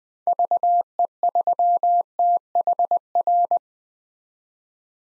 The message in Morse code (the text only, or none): VE3THR